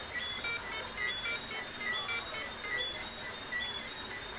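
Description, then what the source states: Crickets singing, thin high chirps in a steady repeating pattern of about seventy beats per minute, several pitches alternating, over a constant background hiss. Crickets singing in synchrony on a balcony, recorded in a 15-minute voice note; after a few minutes they switched to a descending chromatic pattern at about 70 to 72 beats per minute.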